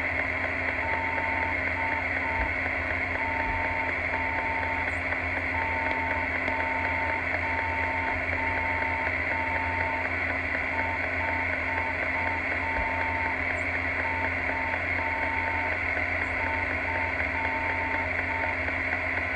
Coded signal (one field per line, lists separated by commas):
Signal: Morse code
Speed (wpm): 5 wpm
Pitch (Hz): 900 Hz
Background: radio noise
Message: DM04UF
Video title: Amateur Radio Beacon 136khz Lowfer 2200 meters longwave My Movie